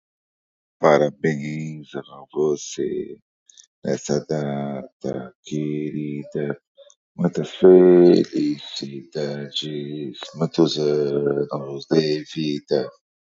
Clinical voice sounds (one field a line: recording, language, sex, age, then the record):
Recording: short text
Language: Brazilian Portuguese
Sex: male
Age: 30 to 39 years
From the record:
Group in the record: control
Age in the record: 39 years